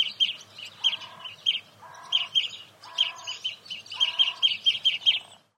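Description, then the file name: European greenfinch calls: quick groups of bright chirps alternating with short lower buzzy notes, repeated about once a second. "Chloris chloris"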